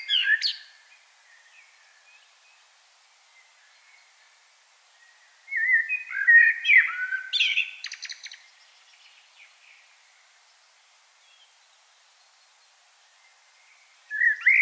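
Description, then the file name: Common blackbird: a brief opening note, a long quiet stretch, then a warbling fluted phrase with a shrill twittered tail, and another phrase beginning at the end. "Turdus merula"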